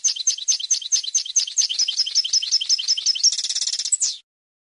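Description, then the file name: European goldfinch song, rapid repeated twittering phrases that end in a dense, buzzy trill before stopping abruptly. "audio burung goldfinch"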